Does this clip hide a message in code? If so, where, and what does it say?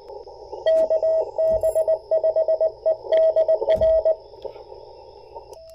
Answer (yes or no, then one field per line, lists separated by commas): yes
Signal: Morse code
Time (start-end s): 0.7-4.1 s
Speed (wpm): 21 wpm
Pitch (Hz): 640 Hz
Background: radio noise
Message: KB5EDR